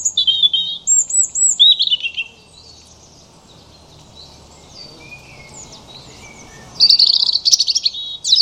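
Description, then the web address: European robin song with liquid, wavering whistles and trills at high pitch, a quiet gap of several seconds, then a dense jangling phrase. "Deverinetal 2025 File origin Bird Only Er Ru"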